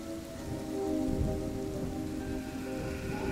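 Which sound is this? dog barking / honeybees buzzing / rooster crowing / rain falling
rain falling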